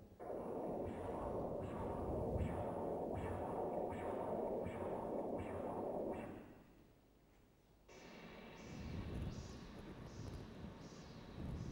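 Rhythmic whooshing pulses at about 85 a minute, each a regular surge of flow noise. The sound briefly fades, then returns softer. This is normal arterial Doppler flow in an adult, lower and smoother than the much higher-pitched, very different sound over a narrowed artery, played again so the two can be compared by ear.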